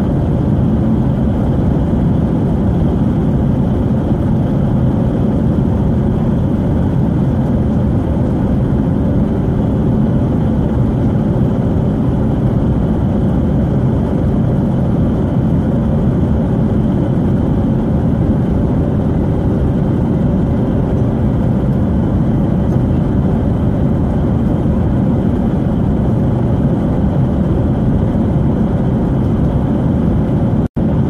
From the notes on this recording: a Plane flying with a storm